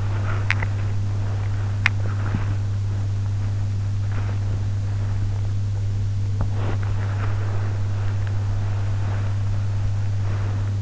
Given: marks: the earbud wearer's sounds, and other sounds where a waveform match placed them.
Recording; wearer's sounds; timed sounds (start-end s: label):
sounds in sleep by an in-ear microphone; breath, body movement
0.00-0.75 s: breath
1.72-4.60 s: sound from someone else or the room
1.99-4.60 s: breath
6.35-10.82 s: body movement